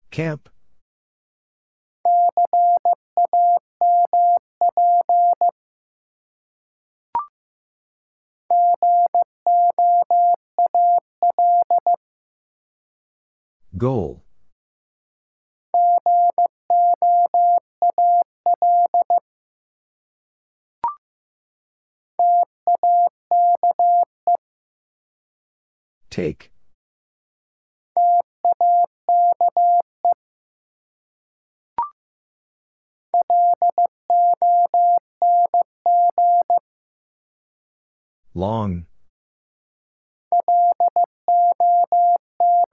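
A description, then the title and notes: A single steady mid-pitched tone beeps out Morse code in short and long bursts, repeating in groups with quiet gaps and occasional clicks between. Four Letter Words - 15wpm. First, the word is sent in Morse code. Finally, it is sent again in More code.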